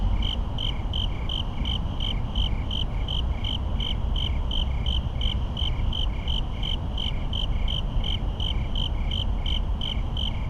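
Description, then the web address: Cricket chirping in short, evenly spaced high pulses over a constant deep rumble of passing traffic. Crickets on a suburban night with rapid traffic echoes. "boom library Urban and Suburban. Suburban night crickets rapid traffic echoes"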